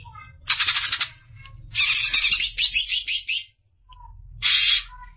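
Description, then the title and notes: Greater green leafbird song: three loud bursts of dense, rapid chattering separated by short pauses, with a few whistled notes between. Described as a champion songbird; chirping song. "Kicau Burung Cucak Ijo Juara. Suara kicauan burung cucak ijo"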